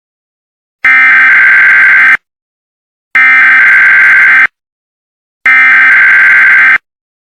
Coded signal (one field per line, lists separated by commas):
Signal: Emergency Alert System (SAME) tones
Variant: header bursts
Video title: What if a nuclear bomb eas interupts the Simpsons (eas scenario)